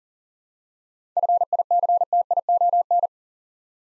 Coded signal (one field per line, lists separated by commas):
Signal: Morse code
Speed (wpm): 38 wpm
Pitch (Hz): 700 Hz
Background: none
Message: FICTION